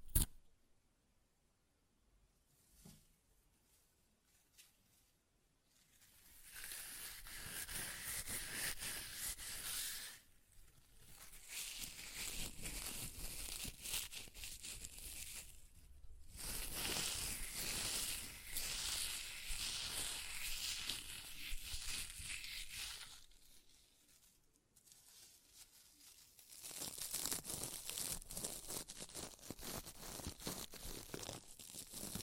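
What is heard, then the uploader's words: Paper is ripped in long, rough tearing strokes, each a dense crackling hiss lasting several seconds. The first six seconds are nearly silent with a few faint ticks, then tears run from about 6 to 10, 11 to 24, and 27 to 32 seconds. ASMR Paper Ripping Tearing Sounds (No Talking).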